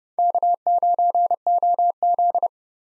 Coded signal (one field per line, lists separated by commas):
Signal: Morse code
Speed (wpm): 30 wpm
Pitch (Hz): 700 Hz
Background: none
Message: K9OZ